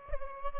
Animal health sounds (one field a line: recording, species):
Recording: mosquito wingbeat signal from an infrared sensor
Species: Aedes albopictus